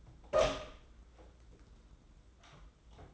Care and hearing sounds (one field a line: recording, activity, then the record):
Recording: daily activity, microphone in the room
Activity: open door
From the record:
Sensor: 3